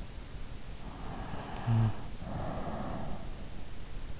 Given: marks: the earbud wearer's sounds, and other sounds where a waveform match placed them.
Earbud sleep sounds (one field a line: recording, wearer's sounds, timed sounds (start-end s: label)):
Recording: sounds in sleep by an in-ear microphone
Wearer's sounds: snoring breath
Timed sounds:
0.66-3.12 s: snoring breath